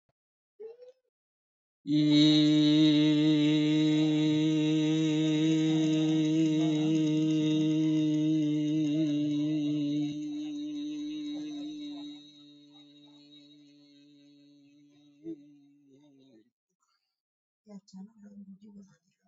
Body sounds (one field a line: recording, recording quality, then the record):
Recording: sustained vowel as in beet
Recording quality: excellent, no background noise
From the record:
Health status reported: healthy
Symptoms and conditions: hypertension, diabetes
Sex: male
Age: 52 years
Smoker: not ticked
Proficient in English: yes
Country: India